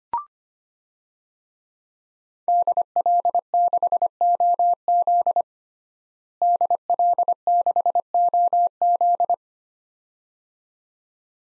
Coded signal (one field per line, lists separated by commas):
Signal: Morse code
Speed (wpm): 25 wpm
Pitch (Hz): 700 Hz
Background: none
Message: DL6OZ DL6OZ